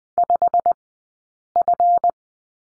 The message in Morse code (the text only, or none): 5F